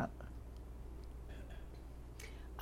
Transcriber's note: clears throat